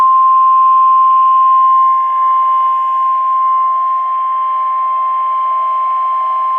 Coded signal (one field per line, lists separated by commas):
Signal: Emergency Alert System (SAME) tones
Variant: 1050 Hz attention tone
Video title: EAS Alerts as of 5/3/22 (EAS #110-114)